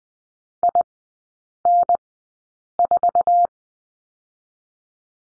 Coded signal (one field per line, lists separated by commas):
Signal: Morse code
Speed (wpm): 20 wpm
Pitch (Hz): 700 Hz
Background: none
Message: IN4